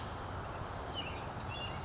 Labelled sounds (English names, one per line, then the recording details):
California Towhee
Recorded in Sonoma County, California